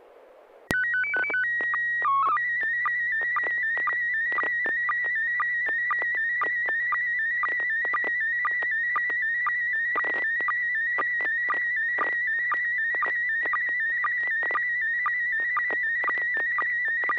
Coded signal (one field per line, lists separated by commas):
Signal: SSTV (slow-scan television)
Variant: PD 120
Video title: N6NA SSTV Net - 09/18/2024